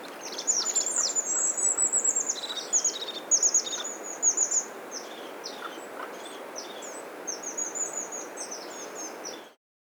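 Bird song: a long run of very high, thin twittering and sweeping notes, loud at first, then quieter, before cutting off abruptly, against a hissy background.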